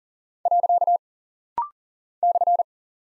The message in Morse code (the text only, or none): . /